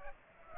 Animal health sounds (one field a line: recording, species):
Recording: mosquito wingbeat signal from an infrared sensor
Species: Aedes aegypti